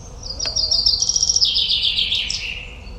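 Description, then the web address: Common chaffinch singing one full phrase, a fast series of high notes sliding downward and closing with a brief flourish. "Deverinetal"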